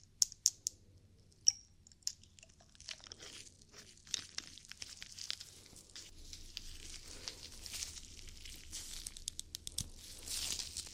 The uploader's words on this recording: ASMR Ear Cleaning For Deep Relaxation & Tingles [ NO TALKING ].